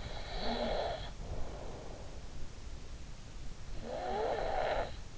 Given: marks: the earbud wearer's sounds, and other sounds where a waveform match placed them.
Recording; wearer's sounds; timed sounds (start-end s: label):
sounds in sleep by an in-ear microphone; snoring breath
0.02-2.27 s: snoring breath
3.79-5.18 s: snoring breath